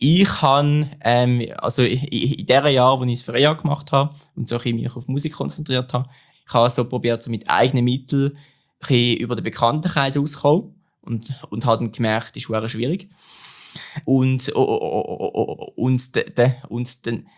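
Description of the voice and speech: An adult man speaks German in a quiet room, with mostly fluent stretches broken by prolonged sounds and silent pauses. Near the end he repeats "und" several times with held sounds and gaps before moving on. These are repetitions, prolongations and blocks typical of stuttering.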